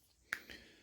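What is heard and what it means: The fastener on a hinged plastic hose weight on a kitchen faucet's pull-down hose is pulled up, and the clamp pops open with a sharp click at 0.3 s. A softer sound follows at 0.5 s. The weight is released and comes apart.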